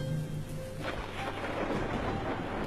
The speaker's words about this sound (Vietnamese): Chú Hải đưa mắt nhìn qua khe cửa sổ, ngoài trời gió vẫn rít, mưa vẫn rơi.